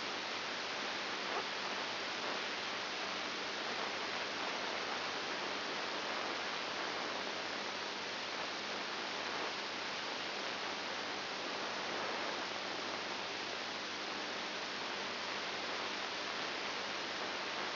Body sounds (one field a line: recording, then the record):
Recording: brain microelectrode recording played as sound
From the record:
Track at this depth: inside the subthalamic nucleus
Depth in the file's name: 6.501 mm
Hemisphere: left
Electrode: 2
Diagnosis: Parkinson's disease